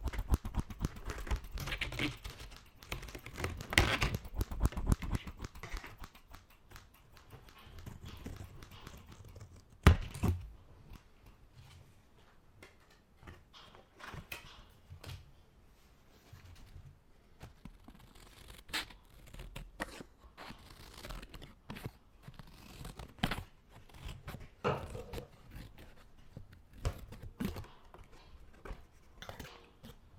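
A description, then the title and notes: Scissors cut paper and plastic in bursts of crisp snips and rustling. The first ten seconds are dense and loud, with a sharp clack near ten seconds. After that the cuts come sparser and quieter, in short irregular clusters separated by near silence. Scissors Sounds Cutting Paper and Plastic near you.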